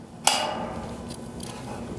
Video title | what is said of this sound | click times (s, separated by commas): 2nd Gen Sequoia Rear Strike Bumper Install | then holding that retainer with one hand from the outside you can snap your sensor in here on the back | 0.3 s, 1.4 s